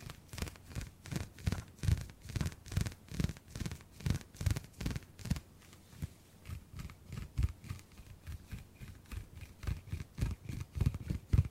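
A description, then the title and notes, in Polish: Hand sounds: palms rubbing and brushing together in a quick, regular back-and-forth rhythm, about two or three strokes a second. Each stroke is a soft, dry swish with a faint low thump, slightly quieter in the middle before picking up again. ASMR DŹWIĘKI DŁONI 40 MINUT! 50+ DŹWIĘKÓW.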